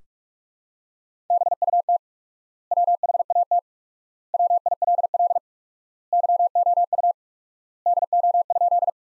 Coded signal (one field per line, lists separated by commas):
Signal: Morse code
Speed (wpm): 46 wpm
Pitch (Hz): 700 Hz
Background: none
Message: BUT WHAT WILL YOU DO?